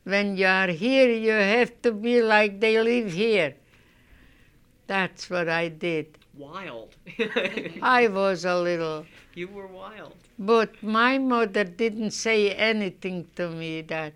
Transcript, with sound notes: When you are here you have to be like they live here." That's what I did.
Wild. (they laugh)
I was a little.
You were wild.
But my mother didn't say anything to me that.